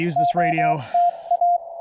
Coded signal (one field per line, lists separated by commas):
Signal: Morse code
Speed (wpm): 24 wpm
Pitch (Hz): 690 Hz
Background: speech, radio noise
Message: OTA